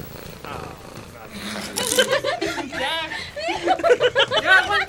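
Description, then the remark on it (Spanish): A person imitates a purring kitten with a run of wavering, rolling vocal sounds that rise and fall in pitch, mixed with short chuckles and overlapping chatter. “Que miren quién hace como gatito.”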